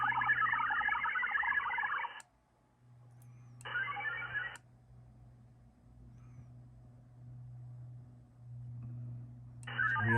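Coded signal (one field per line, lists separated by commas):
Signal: HF data modem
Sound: three harsh wideband data bursts of about 2, 1 and 0.5 seconds, separated by quiet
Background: low hum, radio static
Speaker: are making that connection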